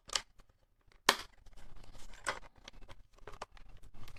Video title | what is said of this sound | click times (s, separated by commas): Recensione del Portkeys PT5 II Monitor da Campo 5" Touchscreen 4K HDMI IN/Out con 3D LUT Luma/RGB Wa | flip your screen around, and then these snap into place. | 1.1 s